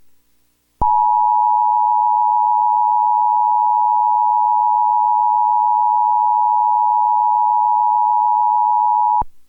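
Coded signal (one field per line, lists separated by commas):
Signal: Emergency Alert System (SAME) tones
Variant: 853 and 960 Hz attention tone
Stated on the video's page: EAS Emergency Action Notification tones from the 2011 first national EAS test, relayed by a cable provider.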